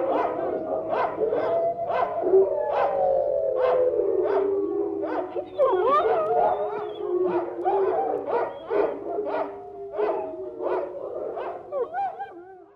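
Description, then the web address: Wolf: wolves give drawn-out sliding howls beneath a rapid string of short yips and barks. Several wolves howling together. "Madacy Music Group Inc 292 Sound Effects 154-Wolves Howling"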